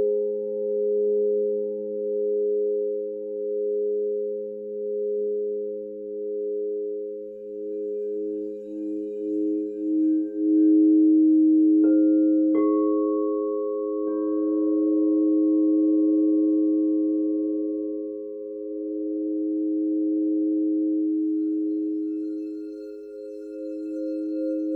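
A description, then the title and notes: Crystal singing bowls hum in steady, layered low tones that pulse and beat slowly against each other. Around twelve seconds a few bright strikes add a higher ringing note that fades over several seconds, while the low drone swells and carries on to the end. Enjoy the healing sounds of the Alchemy Crystal Singing Bowls. Mini Sound Bath.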